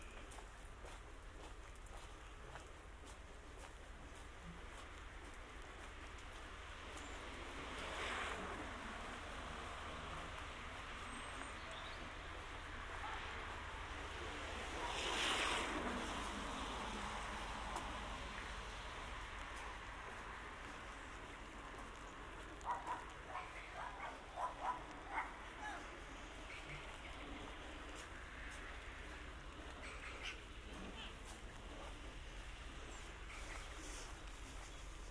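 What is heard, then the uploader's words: A walk through town streets, with a steady outdoor wash of traffic and wind filling the scene. A louder swell around eight seconds and another near fifteen suggest vehicles passing, and a cluster of brief sharp knocks or footsteps sounds between twenty-three and twenty-six seconds. Dragon Parade to Claro Road - An Audio Walk In Harrogate. Part of the Sound Map Of Harrogate. This is a recording of my walk from Dragon Parade to Claro Road.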